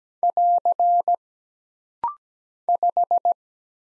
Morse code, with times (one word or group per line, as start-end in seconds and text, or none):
0.2-1.2 <AR>
2.7-3.3 5